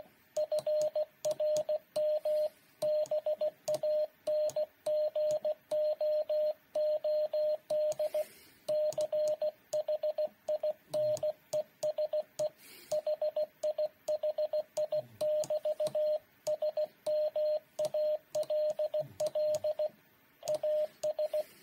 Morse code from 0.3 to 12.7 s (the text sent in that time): FRM BANGOOD CHINESE